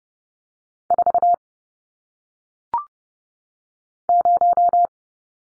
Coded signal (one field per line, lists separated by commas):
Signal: Morse code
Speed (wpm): 30 wpm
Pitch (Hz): 700 Hz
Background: none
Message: 4 0